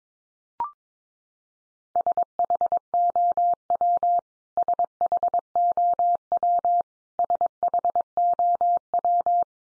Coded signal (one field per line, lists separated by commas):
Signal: Morse code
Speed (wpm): 22 wpm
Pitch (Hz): 700 Hz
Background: none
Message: SHOW SHOW SHOW